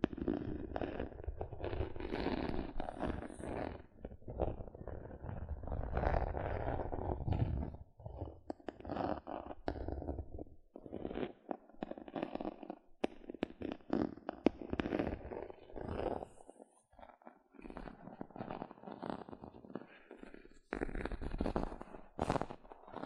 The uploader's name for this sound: Gentle Scratching Sounds